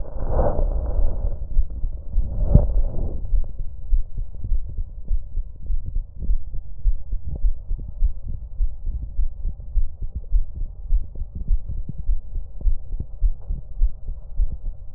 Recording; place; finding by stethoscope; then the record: heart sounds by stethoscope; tricuspid valve (TV); normal heart sounds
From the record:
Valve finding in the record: tricuspid regurgitation, grade 1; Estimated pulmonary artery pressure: 35 mmHg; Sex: female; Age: 48 years